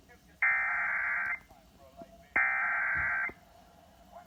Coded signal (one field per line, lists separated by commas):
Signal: Emergency Alert System (SAME) tones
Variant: header bursts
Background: speech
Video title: SVR #8 on KHQ-DT (EAS #1081)